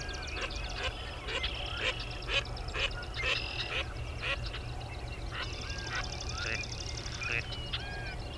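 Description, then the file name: Gadwall calls, short harsh notes repeated in irregular bursts over a steady low background hum. Calls, recorded on 13 May 2001. "2001-05-13 GADW calls"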